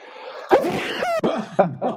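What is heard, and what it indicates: Adult man on a hockey talk show announces he is about to sneeze, then sneezes toward his microphone.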